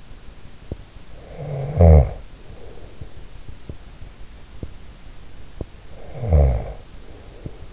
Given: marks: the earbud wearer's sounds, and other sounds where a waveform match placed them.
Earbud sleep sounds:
sounds in sleep by an in-ear microphone; snoring breath
1.10-3.28 s: snoring breath
5.96-7.73 s: snoring breath

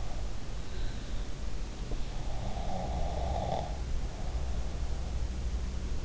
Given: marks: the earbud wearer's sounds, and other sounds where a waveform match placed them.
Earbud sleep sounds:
sounds in sleep by an in-ear microphone; snoring breath
2.20-4.81 s: snoring breath

